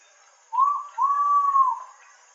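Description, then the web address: Ivory-breasted pitta call: a short whistled note followed by a longer, smooth arched whistle, in quiet surroundings. "ULM-DS-Lab indonesian-bird-sounds. Pitta maxima"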